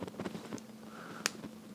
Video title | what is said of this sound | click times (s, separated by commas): Removing High Density D-Sub Pins | there we go. I got a click. | 1.3 s